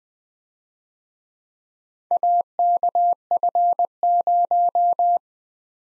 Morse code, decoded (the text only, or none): AKF0